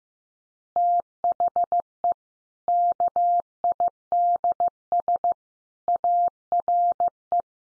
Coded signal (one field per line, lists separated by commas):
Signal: Morse code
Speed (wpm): 14 wpm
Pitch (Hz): 700 Hz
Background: none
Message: THE KIDS ARE